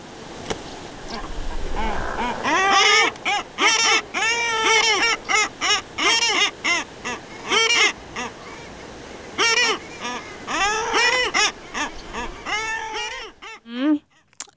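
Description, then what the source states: Common guillemot agitated calls: harsh, nasal honking notes rich in overtones, given in rapid uneven bursts for over ten seconds. Upset guillemot in a colony complaining about its neighbour; from Jonas Sundberg's decoding of guillemot calls (Baltic Seabird Project), where different calls carry different meanings.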